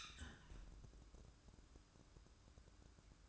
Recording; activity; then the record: daily activity, microphone in the room; close fridge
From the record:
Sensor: 2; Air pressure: 1007.6 hPa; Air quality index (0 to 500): 50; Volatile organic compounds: 1 ppm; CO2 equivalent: 566 ppm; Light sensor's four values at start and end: 10/24/10/10 and 10/24/10/10